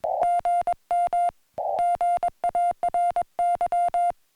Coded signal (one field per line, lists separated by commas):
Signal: Morse code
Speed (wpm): 21 wpm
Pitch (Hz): 700 Hz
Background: music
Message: GM GARY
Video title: Celebrating 4K SOTA Points With Morse Code, 2 Meters FM, and a Surprise From a Friend